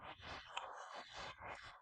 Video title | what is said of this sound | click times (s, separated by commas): How to REMOVE the REAR SEATS of a Mercedes VITO W639 by ONE person. | we simply drop the seats back so that we make sure that this and this match this and make a click. | 0.6 s